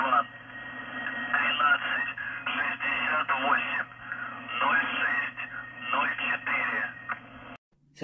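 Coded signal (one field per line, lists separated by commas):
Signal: numbers station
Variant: UVB-76 voice message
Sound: a distorted male voice reading a message over a steady low drone on shortwave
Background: radio static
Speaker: But now and again, it does change, and they do use it to send messages. We think to secret operatives out around the globe, because these transmissions do travel really far. So here's an example of that.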